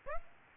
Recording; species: mosquito wingbeat signal from an infrared sensor; Aedes aegypti